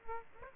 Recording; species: mosquito wingbeat signal from an infrared sensor; Aedes aegypti